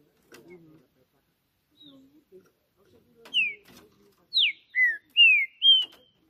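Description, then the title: Green-winged saltator song: five loud slurred whistles, preceded by quiet low sounds and clicks. Singing a lot on top of a roof, calling and showing dominance during a song contest. "Trinca Ferro CANTANDO MUITO de CARA em CIMA do TELHADO! Disputa INSANA!! TRINCA JUSTICEIRO & FBI"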